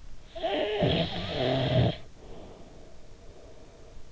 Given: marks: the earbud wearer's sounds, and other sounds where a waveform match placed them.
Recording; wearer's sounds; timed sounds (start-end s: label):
sounds in sleep by an in-ear microphone; snoring breath
0.10-4.11 s: snoring breath